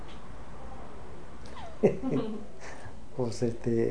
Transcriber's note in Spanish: risas